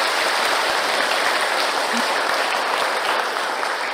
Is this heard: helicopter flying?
no